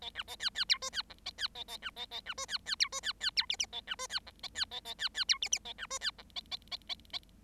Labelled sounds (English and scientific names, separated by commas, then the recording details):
Bengalese Finch (Lonchura striata domestica) song
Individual Bird7